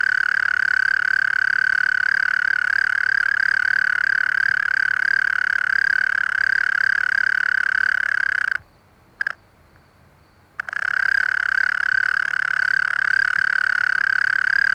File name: Gryllotalpa gryllotalpa